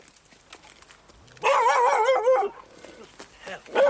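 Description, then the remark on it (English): A trained attack dog, unused to strangers, breaks into a loud, wavering burst of barking and snarling for about a second, set among quieter talking voices, with another sharp yelp near the end. “Oh, boy, that's an attack dog, that is.”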